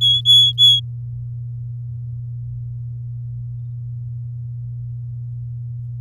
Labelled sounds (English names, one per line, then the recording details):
Domestic Canary song
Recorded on 10 May 2018 at 12:30
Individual llb16